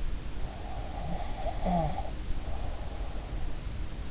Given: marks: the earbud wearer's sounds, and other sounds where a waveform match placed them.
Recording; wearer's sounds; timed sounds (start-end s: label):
sounds in sleep by an in-ear microphone; breath, snoring breath
0.62-3.38 s: breath
1.53-2.08 s: snoring breath